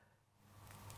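An RJ45 network plug is handled and pushed toward a plastic extender/coupler jack, with soft rustling handling noise that grows louder over the second. A brief scrape near 0.7 s and a short sharp tick near 0.9 s are heard. Nothing has seated or clicked yet.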